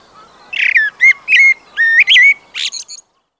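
Common blackbird song: a single phrase of fluty whistled notes, ending in a higher squeaky twitter, then silence.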